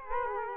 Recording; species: mosquito wingbeat signal from an infrared sensor; Culex quinquefasciatus